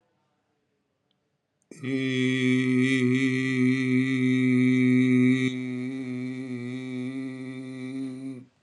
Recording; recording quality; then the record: sustained vowel as in beet; excellent, no background noise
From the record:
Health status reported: recovered from COVID-19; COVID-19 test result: positive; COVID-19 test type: RT-PCR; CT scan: not taken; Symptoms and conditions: diabetes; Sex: male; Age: 56 years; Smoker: yes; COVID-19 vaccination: both doses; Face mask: worn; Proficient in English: yes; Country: India